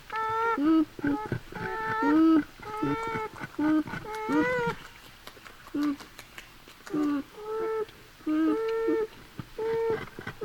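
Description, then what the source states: Beaver mumbling calls: whiny, nasal harmonic moans in short bursts, some rising then dropping, repeated in an irregular sequence. Mumbling vocalizations.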